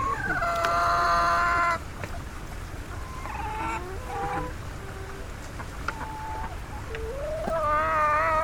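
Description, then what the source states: Chicken calls: a loud strained squawk opening, then quieter clucks and short notes, ending with another rising, wavering squawk. Caged chickens in Nepal.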